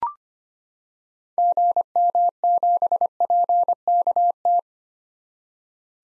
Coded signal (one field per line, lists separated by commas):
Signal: Morse code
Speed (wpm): 25 wpm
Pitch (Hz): 700 Hz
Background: none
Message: GM7PKT